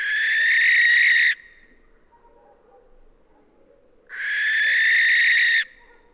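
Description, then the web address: Barn owl giving two long, harsh, breathy screeches, each over a second long, with near silence between them. "Schleiereule - Schleiereule - Tyto alba"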